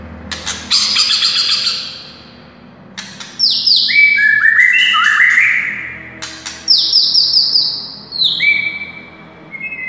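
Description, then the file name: White-rumped shama singing: a harsh rattling burst, then sweet falling whistles in stepped series, repeated after short pauses with more buzzy notes. Wild bird. "suara murai hutan asli"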